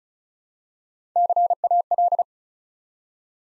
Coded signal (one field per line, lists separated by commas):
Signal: Morse code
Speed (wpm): 36 wpm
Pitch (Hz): 700 Hz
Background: none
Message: CAL